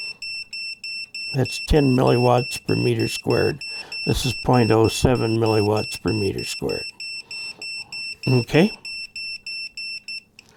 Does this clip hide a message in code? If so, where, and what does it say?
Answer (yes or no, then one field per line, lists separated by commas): no